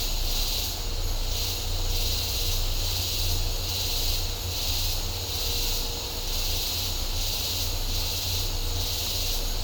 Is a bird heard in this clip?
no